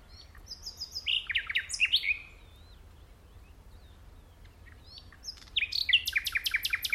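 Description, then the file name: Common nightingale song with varied whistles and slurred notes, a pause, then a rapid series of loud sharp repeated notes. "Luscinia megarhynchos"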